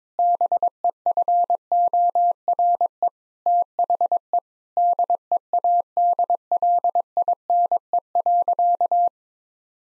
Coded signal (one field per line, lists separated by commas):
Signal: Morse code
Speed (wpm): 21 wpm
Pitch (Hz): 700 Hz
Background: none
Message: BEFORE THE DEADLINE.